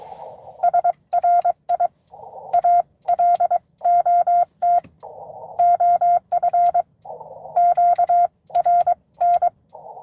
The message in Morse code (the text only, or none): SRI A LOT OF QRN